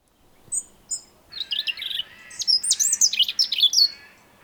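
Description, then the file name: European robin singing: two thin high notes, then a rapid run of sweet, varied, tumbling twitters and trills that rise and fall steeply. "Erithacus rubecula"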